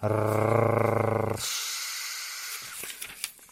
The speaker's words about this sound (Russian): «Рррррр!» – зарычала недовольная тигрица.